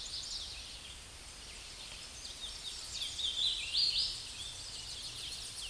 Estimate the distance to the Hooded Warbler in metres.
about 25 m